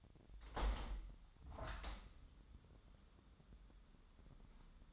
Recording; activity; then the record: daily activity, microphone in the room; open window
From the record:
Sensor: 3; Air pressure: 1006.4 hPa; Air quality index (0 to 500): 191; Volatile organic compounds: 13 ppm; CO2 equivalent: 2427 ppm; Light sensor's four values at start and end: 10/23/9/9 and 10/24/10/10